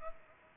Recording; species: mosquito wingbeat signal from an infrared sensor; Culex pipiens